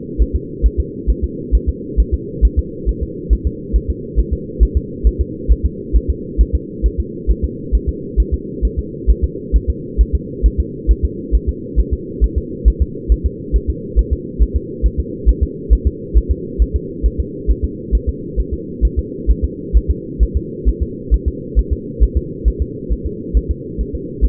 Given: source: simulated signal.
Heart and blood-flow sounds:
fetal heart sounds
0.22 s: S1
0.36 s: S2
0.66 s: S1
0.80 s: S2
1.10 s: S1
1.24 s: S2
1.55 s: S1
1.69 s: S2
2.00 s: S1
2.14 s: S2
2.45 s: S1
2.59 s: S2
2.89 s: S1
3.03 s: S2
3.33 s: S1
3.47 s: S2
3.76 s: S1
3.90 s: S2
4.19 s: S1
4.33 s: S2
4.63 s: S1
4.77 s: S2
5.07 s: S1
5.21 s: S2
5.52 s: S1
5.66 s: S2
5.96 s: S1
6.10 s: S2
6.41 s: S1
6.55 s: S2
6.86 s: S1
7.00 s: S2
7.31 s: S1
7.44 s: S2
7.75 s: S1
7.89 s: S2
8.20 s: S1
8.34 s: S2
8.65 s: S1
8.79 s: S2
9.10 s: S1
9.24 s: S2
9.56 s: S1
9.70 s: S2
10.01 s: S1
10.15 s: S2
10.46 s: S1
10.60 s: S2
10.91 s: S1
11.05 s: S2
11.35 s: S1
11.49 s: S2
11.80 s: S1
11.94 s: S2
12.24 s: S1
12.38 s: S2
12.68 s: S1
12.82 s: S2
13.12 s: S1
13.26 s: S2
13.56 s: S1
13.70 s: S2
13.99 s: S1
14.13 s: S2
14.42 s: S1
14.56 s: S2
14.86 s: S1
15.00 s: S2
15.29 s: S1
15.43 s: S2
15.73 s: S1
15.87 s: S2
16.17 s: S1
16.31 s: S2
16.62 s: S1
16.76 s: S2
17.06 s: S1
17.20 s: S2
17.50 s: S1
17.64 s: S2
17.95 s: S1
18.09 s: S2
18.40 s: S1
18.54 s: S2
18.85 s: S1
18.99 s: S2
19.31 s: S1
19.44 s: S2
19.77 s: S1
19.91 s: S2
20.23 s: S1
20.37 s: S2
20.69 s: S1
20.83 s: S2
21.14 s: S1
21.28 s: S2
21.59 s: S1
21.73 s: S2
22.03 s: S1
22.17 s: S2
22.48 s: S1
22.62 s: S2
22.92 s: S1
23.06 s: S2
23.37 s: S1
23.51 s: S2
23.81 s: S1
23.95 s: S2
24.25 s: S1
From the record:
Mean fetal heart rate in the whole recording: 135 bpm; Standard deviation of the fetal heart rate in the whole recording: 3 bpm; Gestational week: 34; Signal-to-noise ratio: -4.1 dB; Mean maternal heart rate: no maternal heart sound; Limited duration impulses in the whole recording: absent

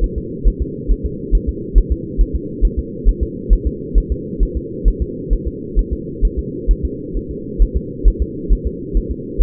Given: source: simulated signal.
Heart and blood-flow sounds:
fetal heart sounds
0.04 s: S1
0.18 s: S2
0.48 s: S1
0.62 s: S2
0.91 s: S1
1.06 s: S2
1.35 s: S1
1.49 s: S2
1.78 s: S1
1.92 s: S2
2.21 s: S1
2.35 s: S2
2.65 s: S1
2.79 s: S2
3.09 s: S1
3.23 s: S2
3.53 s: S1
3.67 s: S2
3.98 s: S1
4.12 s: S2
4.43 s: S1
4.57 s: S2
4.88 s: S1
5.02 s: S2
5.33 s: S1
5.47 s: S2
5.79 s: S1
5.93 s: S2
6.25 s: S1
6.39 s: S2
6.71 s: S1
6.85 s: S2
7.17 s: S1
7.31 s: S2
7.62 s: S1
7.77 s: S2
8.08 s: S1
8.22 s: S2
8.53 s: S1
8.67 s: S2
8.97 s: S1
9.11 s: S2
9.42 s: S1
From the record:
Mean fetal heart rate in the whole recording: 135 bpm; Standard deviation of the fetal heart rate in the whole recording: 3 bpm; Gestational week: 36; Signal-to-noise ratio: -4.1 dB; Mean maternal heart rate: no maternal heart sound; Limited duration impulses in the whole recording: absent

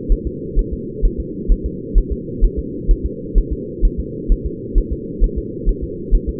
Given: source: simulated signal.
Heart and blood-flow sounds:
fetal heart sounds
0.12 s: S1
0.27 s: S2
0.59 s: S1
0.73 s: S2
1.05 s: S1
1.20 s: S2
1.52 s: S1
1.66 s: S2
1.98 s: S1
2.12 s: S2
2.44 s: S1
2.59 s: S2
2.91 s: S1
3.06 s: S2
3.38 s: S1
3.53 s: S2
3.85 s: S1
4.00 s: S2
4.32 s: S1
4.46 s: S2
4.78 s: S1
4.92 s: S2
5.24 s: S1
5.38 s: S2
5.69 s: S1
5.84 s: S2
6.15 s: S1
6.29 s: S2
From the record:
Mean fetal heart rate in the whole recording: 130 bpm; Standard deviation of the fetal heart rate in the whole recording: 2 bpm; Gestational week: 38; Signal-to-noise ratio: -4.1 dB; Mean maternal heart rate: no maternal heart sound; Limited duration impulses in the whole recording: absent

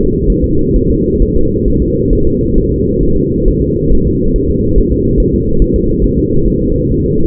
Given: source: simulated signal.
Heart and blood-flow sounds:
fetal heart sounds
0.30 s: S1
0.44 s: S2
0.76 s: S1
0.90 s: S2
1.22 s: S1
1.36 s: S2
1.68 s: S1
1.82 s: S2
2.13 s: S1
2.27 s: S2
2.58 s: S1
2.72 s: S2
3.03 s: S1
3.17 s: S2
3.48 s: S1
3.62 s: S2
3.93 s: S1
4.07 s: S2
4.36 s: S1
4.50 s: S2
4.78 s: S1
4.92 s: S2
5.20 s: S1
5.34 s: S2
5.62 s: S1
5.76 s: S2
6.04 s: S1
6.18 s: S2
6.47 s: S1
6.62 s: S2
6.92 s: S1
7.06 s: S2
From the record:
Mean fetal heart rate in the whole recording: 135 bpm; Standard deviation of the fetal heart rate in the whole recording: 3 bpm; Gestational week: 36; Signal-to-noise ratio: -16.4 dB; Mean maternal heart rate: 72 bpm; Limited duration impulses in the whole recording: present

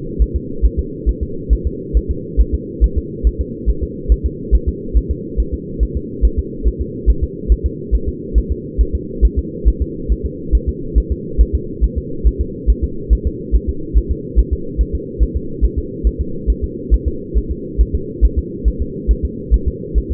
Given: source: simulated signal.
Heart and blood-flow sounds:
fetal heart sounds
0.22 s: S1
0.36 s: S2
0.65 s: S1
0.79 s: S2
1.09 s: S1
1.23 s: S2
1.53 s: S1
1.67 s: S2
1.97 s: S1
2.11 s: S2
2.41 s: S1
2.54 s: S2
2.84 s: S1
2.98 s: S2
3.27 s: S1
3.41 s: S2
3.70 s: S1
3.83 s: S2
4.12 s: S1
4.26 s: S2
4.55 s: S1
4.69 s: S2
4.97 s: S1
5.11 s: S2
5.40 s: S1
5.54 s: S2
5.83 s: S1
5.97 s: S2
6.25 s: S1
6.39 s: S2
6.67 s: S1
6.81 s: S2
7.10 s: S1
7.24 s: S2
7.52 s: S1
7.66 s: S2
7.95 s: S1
8.08 s: S2
8.38 s: S1
8.52 s: S2
8.81 s: S1
8.95 s: S2
9.25 s: S1
9.39 s: S2
9.68 s: S1
9.82 s: S2
10.12 s: S1
10.26 s: S2
10.55 s: S1
10.69 s: S2
10.98 s: S1
11.12 s: S2
11.41 s: S1
11.55 s: S2
11.84 s: S1
11.98 s: S2
12.27 s: S1
12.41 s: S2
12.70 s: S1
12.84 s: S2
13.13 s: S1
13.27 s: S2
13.56 s: S1
13.69 s: S2
13.98 s: S1
14.11 s: S2
14.39 s: S1
14.53 s: S2
14.81 s: S1
14.95 s: S2
15.23 s: S1
15.36 s: S2
15.65 s: S1
15.78 s: S2
16.07 s: S1
16.21 s: S2
16.50 s: S1
16.64 s: S2
16.94 s: S1
17.08 s: S2
17.38 s: S1
17.51 s: S2
17.81 s: S1
17.95 s: S2
18.25 s: S1
18.39 s: S2
18.68 s: S1
18.82 s: S2
19.11 s: S1
19.25 s: S2
19.54 s: S1
19.68 s: S2
19.98 s: S1
20.12 s: S2
From the record:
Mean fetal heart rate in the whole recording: 140 bpm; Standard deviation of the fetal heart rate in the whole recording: 2 bpm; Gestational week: 34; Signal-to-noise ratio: -4.3 dB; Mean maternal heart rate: 72 bpm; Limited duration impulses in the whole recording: absent

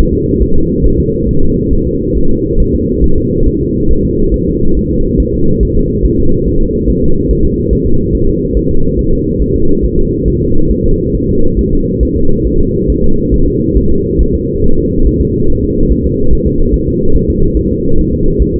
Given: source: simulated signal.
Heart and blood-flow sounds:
fetal heart sounds
0.14 s: S2
0.42 s: S1
0.56 s: S2
0.86 s: S1
1.00 s: S2
1.29 s: S1
1.43 s: S2
1.73 s: S1
1.87 s: S2
2.17 s: S1
2.31 s: S2
2.60 s: S1
2.75 s: S2
3.04 s: S1
3.18 s: S2
3.48 s: S1
3.62 s: S2
3.91 s: S1
4.05 s: S2
4.34 s: S1
4.48 s: S2
4.77 s: S1
4.91 s: S2
5.20 s: S1
5.34 s: S2
5.63 s: S1
5.77 s: S2
6.06 s: S1
6.20 s: S2
6.48 s: S1
6.62 s: S2
6.90 s: S1
7.04 s: S2
7.31 s: S1
7.45 s: S2
7.73 s: S1
7.87 s: S2
8.15 s: S1
8.29 s: S2
8.57 s: S1
8.71 s: S2
8.99 s: S1
9.13 s: S2
9.42 s: S1
9.56 s: S2
9.85 s: S1
9.99 s: S2
10.28 s: S1
10.42 s: S2
10.72 s: S1
10.86 s: S2
11.15 s: S1
11.29 s: S2
11.59 s: S1
11.73 s: S2
12.03 s: S1
12.17 s: S2
12.47 s: S1
12.61 s: S2
12.90 s: S1
13.04 s: S2
13.34 s: S1
13.48 s: S2
13.78 s: S1
13.92 s: S2
14.21 s: S1
14.35 s: S2
14.64 s: S1
14.78 s: S2
15.07 s: S1
15.22 s: S2
15.50 s: S1
15.64 s: S2
15.92 s: S1
16.06 s: S2
16.33 s: S1
16.47 s: S2
16.74 s: S1
16.88 s: S2
17.16 s: S1
17.30 s: S2
17.57 s: S1
17.71 s: S2
17.99 s: S1
18.13 s: S2
18.42 s: S1
18.56 s: S2
From the record:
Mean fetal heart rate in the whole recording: 140 bpm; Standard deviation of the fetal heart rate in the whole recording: 2 bpm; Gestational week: 34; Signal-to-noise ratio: -19.1 dB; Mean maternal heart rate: 72 bpm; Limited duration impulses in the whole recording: present

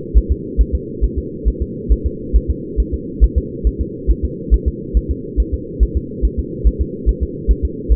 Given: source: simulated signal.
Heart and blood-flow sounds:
fetal heart sounds
0.17 s: S1
0.32 s: S2
0.61 s: S1
0.75 s: S2
1.04 s: S1
1.19 s: S2
1.48 s: S1
1.62 s: S2
1.92 s: S1
2.06 s: S2
2.36 s: S1
2.50 s: S2
2.80 s: S1
2.94 s: S2
3.24 s: S1
3.38 s: S2
3.67 s: S1
3.81 s: S2
4.11 s: S1
4.25 s: S2
4.54 s: S1
4.68 s: S2
4.97 s: S1
5.11 s: S2
5.40 s: S1
5.54 s: S2
5.83 s: S1
5.97 s: S2
6.25 s: S1
6.39 s: S2
6.67 s: S1
6.82 s: S2
7.09 s: S1
7.23 s: S2
7.51 s: S1
7.65 s: S2
7.92 s: S1
From the record:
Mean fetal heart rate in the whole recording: 140 bpm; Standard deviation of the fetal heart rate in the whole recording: 2 bpm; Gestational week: 34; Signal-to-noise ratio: -4.1 dB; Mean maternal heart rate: no maternal heart sound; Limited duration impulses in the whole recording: absent

